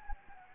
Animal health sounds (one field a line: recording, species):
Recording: mosquito wingbeat signal from an infrared sensor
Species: Anopheles gambiae